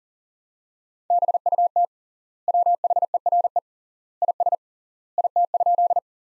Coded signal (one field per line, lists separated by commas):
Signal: Morse code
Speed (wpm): 40 wpm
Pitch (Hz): 700 Hz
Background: none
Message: BUT WHERE IS IT?